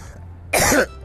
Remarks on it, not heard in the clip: Doing purposefully. Doing purposefully to clear the milk film off of my throat. That is not a dry cough. when I drink milk, a film of the milk, the particles inside of the milk, there sits on my throat.